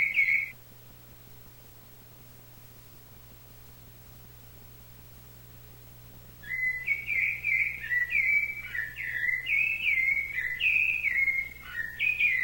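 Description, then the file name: Thrush song: a brief whistled note at the start, then after a pause a continuous run of warbled, varied phrases wavering up and down, with a steady low hum beneath. "SABIA"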